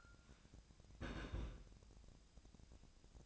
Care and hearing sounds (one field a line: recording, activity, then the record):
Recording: daily activity, microphone in the room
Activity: place on stove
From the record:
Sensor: 2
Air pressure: 999.9 hPa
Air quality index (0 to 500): 123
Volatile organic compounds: 2 ppm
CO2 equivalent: 1057 ppm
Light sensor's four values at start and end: 34/83/36/41 and 34/83/36/41